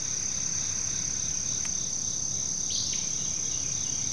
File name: kevin boucher nature forest ambience continual chorus crickets other insects birds